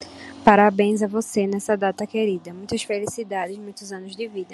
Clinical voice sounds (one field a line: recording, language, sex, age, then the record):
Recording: short text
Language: Brazilian Portuguese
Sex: female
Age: 20 to 29 years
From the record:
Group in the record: control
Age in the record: 22 years